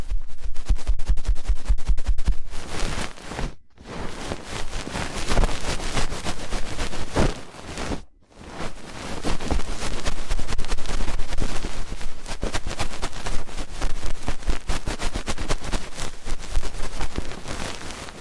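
Fast, intense ear cleaning fills the clip with dense, rapid scratching and rubbing that runs loud and bright almost without pause. Short silent gaps break it near four and eight seconds, and a low thumping rumble sits underneath.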